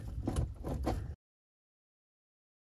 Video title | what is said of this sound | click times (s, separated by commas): Replace Mercruiser alpha outdrive Shift Cable | the boat and as you can see the insert is installed and locked in place | 0.3 s, 0.4 s